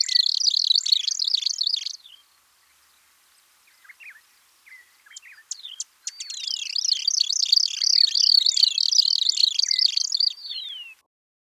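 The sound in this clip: White-winged fairywren singing a rapid, high-pitched reeling trill for two seconds, then scattered ticks and short notes, then a second long trill lasting about five seconds.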